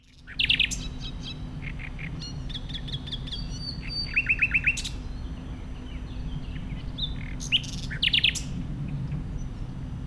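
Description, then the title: Common nightingale singing varied phrases: clicking rapid notes, a quick repeated trill of bright notes, scattered chirps and buzzy bursts, all over a continuous low machine hum. Wild bird singing beside a path near a solar facility at Le Bourget-du-Lac, France, with the low drone of ventilation blowers audible. "50 Av. du Lac Léman, Le Bourget-du-Lac, France - Rossignol"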